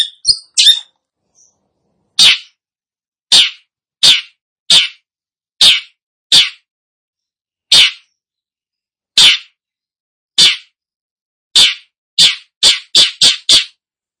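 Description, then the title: Long-tailed shrike giving single harsh, grating notes, spaced out at first, then coming faster and closer together toward the end. Described as gacor, singing vigorously and often. "Cendet Gacor"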